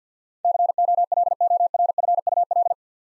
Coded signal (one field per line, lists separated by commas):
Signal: Morse code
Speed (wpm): 50 wpm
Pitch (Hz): 700 Hz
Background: none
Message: COLORFUL